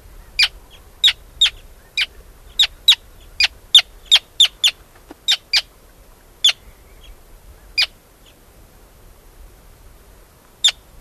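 Arctic tern giving a long run of sharp, clipped kik notes, at first rapid and irregular, then slowing to isolated calls one to three seconds apart.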